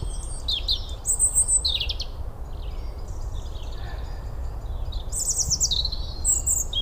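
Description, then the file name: European robin delivering thin, high trilled phrases and quick downward slurs, a gap in the middle, then a dense glittering phrase at the end; low rumble throughout. "Erithacus rubecula"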